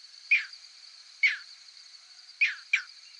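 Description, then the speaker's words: Green heron flight calls, four short sharp downward-sliding notes spaced irregularly over about three seconds, against a faint steady high hiss. Nocturnal flight call given by birds migrating at night. "Known as nocturnal flight calls, many species can be identified based on their signature sound, like this green heron."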